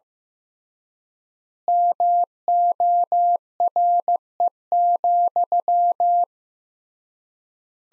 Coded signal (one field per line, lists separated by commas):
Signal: Morse code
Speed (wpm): 16 wpm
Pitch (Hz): 700 Hz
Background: none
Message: MORE,